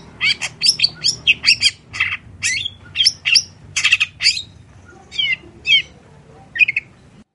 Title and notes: Cendet Gacor Dor Di Kala Pagi Toet Toet Variasi Suara. PANCINGAN CENDET. Burung cendet